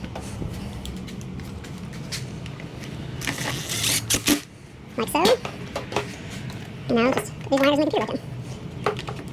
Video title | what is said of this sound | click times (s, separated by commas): Honda Foreman Valve Adjustment Rancher and Rubicon Don't use a stick pull air box and follow manual | ECU just snaps into place. | 8.9 s